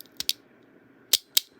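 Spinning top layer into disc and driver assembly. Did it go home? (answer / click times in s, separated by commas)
yes / 0.2 s, 0.3 s, 1.1 s, 1.4 s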